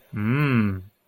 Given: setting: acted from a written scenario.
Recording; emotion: vocal sound without words; desire